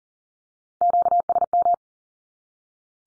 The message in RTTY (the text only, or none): none